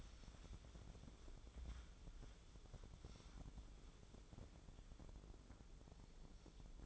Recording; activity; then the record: daily activity, microphone in the room; wipe stove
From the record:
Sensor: 5